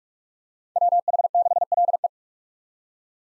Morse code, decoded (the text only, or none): WH6LE